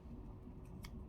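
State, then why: Not seated. The plastic battery cover of a pulse oximeter, fitted with AAA batteries, is slid back along its compartment, giving low rubbing handling noise and a brief sharp tick at about 0.8 s. The cover has not yet clicked shut; nothing has seated yet.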